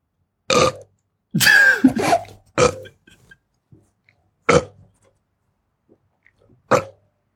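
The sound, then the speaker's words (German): A run of five separate burps made into a phone line after the signal tone of an automated number entry, short, loud bursts with gaps of silence between them, the second one longer and more drawn out with a croaky, voiced rasp. “Du sollst doch nicht reinrülpsen.”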